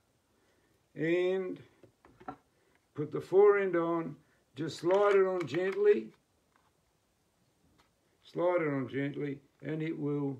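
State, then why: Not seated. Someone talks while the forend of a Beretta ASE Gold shotgun is slid gently along the barrels toward its seat. A few faint ticks are heard around 2.1 to 2.3 seconds and again at 2.8 and 6.6 seconds. The forend has not clicked into place yet.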